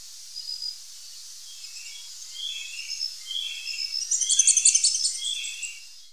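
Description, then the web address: Purple-bibbed whitetip calling: thin, high twittering notes and short chips, growing busier and louder until about a second before the end, then fading, over a soft background hiss. Recorded in Ecuador. "Birds of Ecuador. Purple-bibbed Whitetip"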